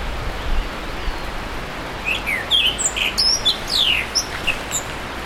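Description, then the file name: Himalayan forest thrush giving a two-and-a-half-second series of varied short chirps and slurred notes, rising and falling, after a quiet start with low background rumble. "thrush-himalayan-forest -Zoothera-salimalii"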